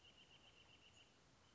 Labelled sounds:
Wrentit
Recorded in Sonoma County, California

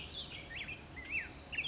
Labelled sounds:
Black-headed Grosbeak
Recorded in Sonoma County, California

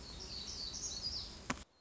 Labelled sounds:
Black-throated Gray Warbler
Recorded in Sonoma County, California

